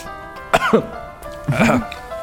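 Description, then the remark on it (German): Two harsh, strained coughs, the first short and sharp, the second longer and raspier with a voiced, choking edge, over a steady low electronic hum. “Im Weltall hört keiner husten.”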